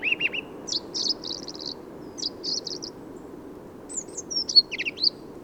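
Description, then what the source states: Song thrush song: brief rattling phrases and chattering notes, closing with louder sharp whistled slurs. Song thrush in Valdrôme forest, autumn, 15 November 2020; autumnal improvised song; thrushes staying until snowfall thanks to exceptional whitebeam and rowan fruiting; Nagra Seven recorder, Telinga Pro7 parabola.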